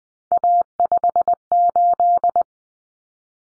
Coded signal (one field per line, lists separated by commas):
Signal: Morse code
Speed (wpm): 20 wpm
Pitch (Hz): 700 Hz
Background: none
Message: A58